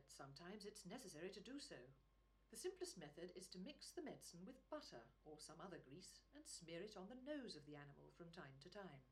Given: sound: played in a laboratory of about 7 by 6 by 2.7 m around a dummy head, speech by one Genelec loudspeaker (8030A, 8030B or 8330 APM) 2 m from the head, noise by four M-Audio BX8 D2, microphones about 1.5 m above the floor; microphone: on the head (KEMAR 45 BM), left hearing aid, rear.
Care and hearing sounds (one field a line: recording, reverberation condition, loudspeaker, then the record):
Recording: female speech in English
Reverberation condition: low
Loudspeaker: 90 degrees to the left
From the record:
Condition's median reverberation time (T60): about 310 ms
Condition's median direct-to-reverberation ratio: about 3.5 dB